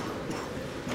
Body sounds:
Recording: coughing mixed with background sound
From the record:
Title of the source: Spring Cold Coughing 3

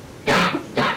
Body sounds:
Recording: coughing mixed with background sound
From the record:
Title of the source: Barking cough - # 10

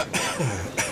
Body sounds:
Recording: coughing mixed with background sound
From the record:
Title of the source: Dry Coughing Fit in the Afternoon.

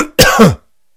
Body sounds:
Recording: coughing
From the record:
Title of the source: Coughing 51

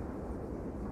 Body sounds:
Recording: background sound without coughing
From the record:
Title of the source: Train Ride Ambience ambient white noise for sleeping, focus, studying, reading

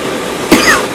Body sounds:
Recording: coughing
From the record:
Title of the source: 34 coughing up crap again

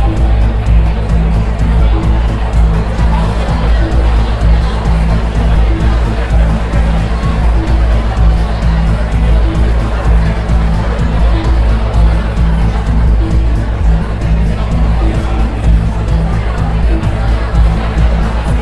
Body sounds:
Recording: background sound without coughing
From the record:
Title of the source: Party Noise 1 Hour Party Ambience

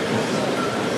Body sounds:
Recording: background sound without coughing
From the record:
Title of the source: Office Sounds Ambience - Background Noise for Study and Work

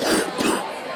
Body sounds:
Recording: coughing mixed with background sound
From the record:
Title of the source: 60 coughing still (deep and wet cough)

